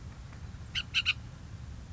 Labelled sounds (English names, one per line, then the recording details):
Bullock's Oriole
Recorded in Sonoma County, California